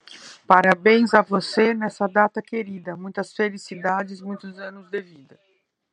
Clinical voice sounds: short text; Brazilian Portuguese; female; 60 to 69 years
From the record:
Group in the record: control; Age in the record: 63 years

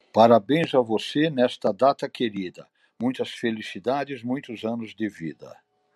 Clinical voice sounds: short text; Brazilian Portuguese; male; 70 to 79 years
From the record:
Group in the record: control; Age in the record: 70 years

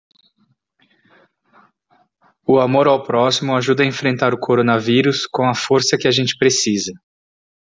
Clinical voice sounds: spoken sentence; Brazilian Portuguese; male; 40 to 49 years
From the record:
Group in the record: control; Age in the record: 47 years

